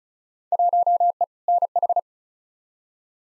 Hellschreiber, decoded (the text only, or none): none